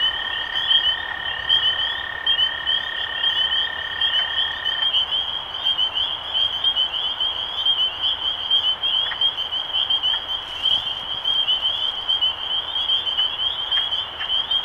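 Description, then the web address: Many spring peepers peeping at once, high shrill upslurs in a continuous wall of sound, with a flat held tone that stops after about five seconds. Recorded 23 March 2012. "rob animals Peepers-2012-0323"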